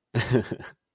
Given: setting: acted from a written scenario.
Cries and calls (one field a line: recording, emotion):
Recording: vocal sound without words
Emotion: amusement